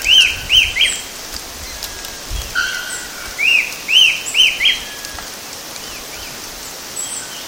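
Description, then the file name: Rufous-tailed attila calls: clear arched whistled notes repeated in short series, one long flat whistle midway, over a steady hiss like rain. Recorded at Itiocachoeira, Mogi das Cruzes, São Paulo, Brazil, on 7 February 2015. "Attila-phoenicurus itiocachoeira-Mogidas Cruzes SP-BR-7-2-15-ASilveira"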